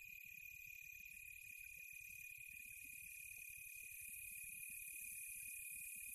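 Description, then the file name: Crickets chirp in a soft, continuous chorus of steady high-pitched trills layered at several pitches, with faint low rumbling underneath. Crickets recorded close up on a quiet tropical night. "smartsound. Quiet Tropical Night Close Crickets"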